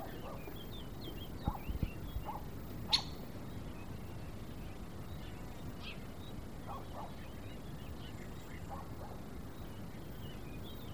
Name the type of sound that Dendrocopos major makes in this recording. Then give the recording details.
call. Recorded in the wild. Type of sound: call. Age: adult. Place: Tiuccia, Corsica, FR. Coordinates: 42.0714, 8.73222. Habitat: Macchia. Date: 2011-07-14. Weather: sunny, 20°C, weak wind. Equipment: Zoom H2, rear micophones. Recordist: Frommolt, Karl-Heinz. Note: Oberhalb des Zeltplatzes U Sommalu: Rufe eines Buntspechtes. Tier sitzt an Kiefernstamm. Tier gesehen. Entfernung ca. 20 m